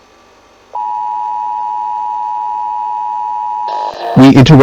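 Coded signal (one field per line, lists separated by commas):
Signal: Emergency Alert System (SAME) tones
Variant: 853 and 960 Hz attention tone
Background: speech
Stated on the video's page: Fictional mock-up EAS alert made with Audacity, Software Automatic Mouth and online text-to-speech; not real.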